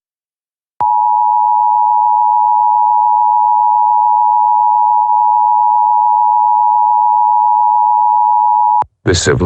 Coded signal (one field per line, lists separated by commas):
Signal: Emergency Alert System (SAME) tones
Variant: 853 and 960 Hz attention tone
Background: speech